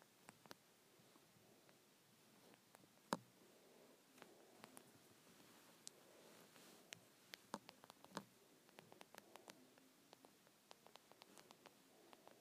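Small plastic clicks from volume buttons on earbuds, sharp and bright, arrive irregularly across the twelve seconds, sometimes singly and sometimes in quick pairs. The loudest click comes near three seconds. A soft, steady hiss and faint rustling of handling sit underneath.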